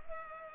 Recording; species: mosquito wingbeat signal from an infrared sensor; Culex pipiens